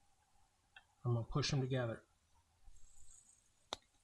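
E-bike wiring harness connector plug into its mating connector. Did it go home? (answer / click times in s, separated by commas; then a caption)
yes / 3.7 s. Two halves of a round multi-pin e-bike motor/controller wiring harness connector on a HeyBike Brawn are lined up with their notches at 12 o'clock and pushed together by hand. Someone talks, then a short, sharp click at 3.7 s marks a small internal ridge catching. The connector is fully seated.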